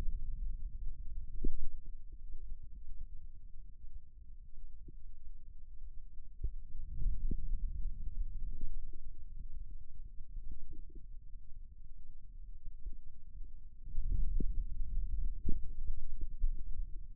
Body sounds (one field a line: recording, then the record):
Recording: forearm muscle sounds (acoustic myography)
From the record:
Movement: radial deviation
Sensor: system 2, bracelet of six BSWA MPA416 microphones around the upper forearm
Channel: 2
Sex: male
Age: 22 years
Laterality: right